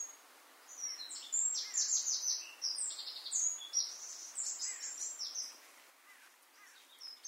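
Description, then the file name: Eurasian wren song: a loud, rapid outpouring of very high trills and twittering notes lasting about five seconds, with faint lower chirps underneath. "Troglodytes troglodytes"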